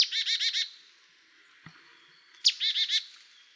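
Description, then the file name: Marsh tit giving a quick series of four or five nasal, buzzy notes, a pause, then a sharp opening note and another short nasal series. "Poecile palustris"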